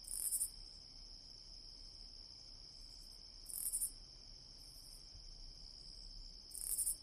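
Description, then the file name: Katydid call: short raspy, pulsed bursts high in pitch about every three seconds, over a steady high whining drone. Very close-up recording of a katydid calling over a continuous background. "KATYDID VERY-CU-OVER-CONTINUOUS-B G"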